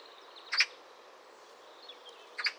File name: Pica pica